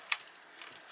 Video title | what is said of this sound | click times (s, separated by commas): Hobbyzone Sport Cub S Motor replacement | there it is it clicked into place | 0.1 s